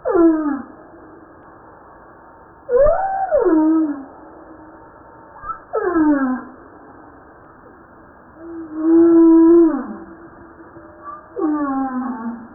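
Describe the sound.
Humpback whale song: long harmonic moans sweeping sharply downward, alternating with arching and level tonal units.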